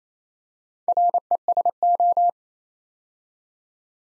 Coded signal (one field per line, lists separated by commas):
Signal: Morse code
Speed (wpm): 27 wpm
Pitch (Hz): 700 Hz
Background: none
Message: RESO